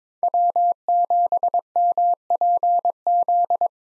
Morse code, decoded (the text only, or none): W7MPZ